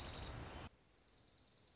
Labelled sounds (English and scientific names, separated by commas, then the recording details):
Dark-eyed Junco (Junco hyemalis)
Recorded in Sonoma County, California